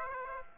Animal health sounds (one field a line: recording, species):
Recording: mosquito wingbeat signal from an infrared sensor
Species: Aedes aegypti